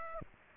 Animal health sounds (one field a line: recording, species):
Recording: mosquito wingbeat signal from an infrared sensor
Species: Aedes aegypti